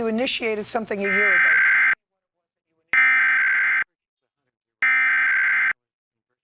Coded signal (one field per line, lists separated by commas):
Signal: Emergency Alert System (SAME) tones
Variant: header bursts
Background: speech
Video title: Various Emergency Alert System (EAS) Tests - September 21-27, 2021